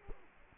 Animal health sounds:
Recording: mosquito wingbeat signal from an infrared sensor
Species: Culex quinquefasciatus

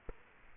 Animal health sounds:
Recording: mosquito wingbeat signal from an infrared sensor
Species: Culex quinquefasciatus

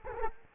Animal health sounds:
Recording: mosquito wingbeat signal from an infrared sensor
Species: Culex quinquefasciatus

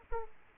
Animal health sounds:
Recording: mosquito wingbeat signal from an infrared sensor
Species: Aedes aegypti

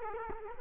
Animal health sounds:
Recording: mosquito wingbeat signal from an infrared sensor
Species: Culex quinquefasciatus

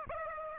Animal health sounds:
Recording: mosquito wingbeat signal from an infrared sensor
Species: Aedes aegypti

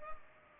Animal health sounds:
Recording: mosquito wingbeat signal from an infrared sensor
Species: Culex pipiens

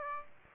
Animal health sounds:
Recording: mosquito wingbeat signal from an infrared sensor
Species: Aedes aegypti

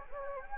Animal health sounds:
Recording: mosquito wingbeat signal from an infrared sensor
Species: Anopheles gambiae

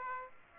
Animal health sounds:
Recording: mosquito wingbeat signal from an infrared sensor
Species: Aedes aegypti

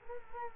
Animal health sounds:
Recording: mosquito wingbeat signal from an infrared sensor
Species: Culex quinquefasciatus

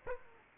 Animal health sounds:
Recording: mosquito wingbeat signal from an infrared sensor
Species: Aedes aegypti

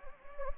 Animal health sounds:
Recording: mosquito wingbeat signal from an infrared sensor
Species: Anopheles gambiae

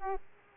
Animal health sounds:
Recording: mosquito wingbeat signal from an infrared sensor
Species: Aedes aegypti

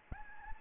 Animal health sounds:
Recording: mosquito wingbeat signal from an infrared sensor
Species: Anopheles gambiae

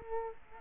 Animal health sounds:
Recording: mosquito wingbeat signal from an infrared sensor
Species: Culex quinquefasciatus

